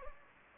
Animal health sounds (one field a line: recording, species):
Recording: mosquito wingbeat signal from an infrared sensor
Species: Anopheles gambiae